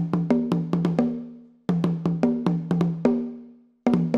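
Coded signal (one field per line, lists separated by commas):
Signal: talking drum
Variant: Akan atumpan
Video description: plays some solo Atumpani - the talking drums that were used to send patterns of drum language over long distances in pre-modern times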